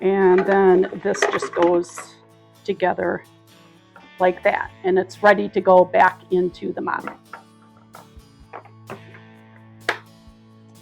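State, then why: Seated. The reassembled plastic strainer assembly of a cordless electric mop is fitted together and pushed back into the mop while someone talks. After a few small plastic knocks, a sharp click at 9.9 s shows the strainer assembly seated in place.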